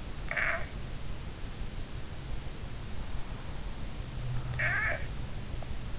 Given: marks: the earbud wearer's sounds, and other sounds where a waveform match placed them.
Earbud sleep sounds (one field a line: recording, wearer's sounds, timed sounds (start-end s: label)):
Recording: sounds in sleep by an in-ear microphone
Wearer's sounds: snoring breath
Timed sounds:
0.00-0.65 s: snoring breath
4.28-5.02 s: snoring breath